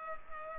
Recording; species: mosquito wingbeat signal from an infrared sensor; Culex pipiens